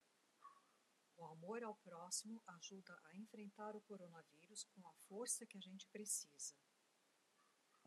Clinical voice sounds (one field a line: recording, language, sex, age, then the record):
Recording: spoken sentence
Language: Brazilian Portuguese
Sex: female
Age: 60 to 69 years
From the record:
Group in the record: control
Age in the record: 68 years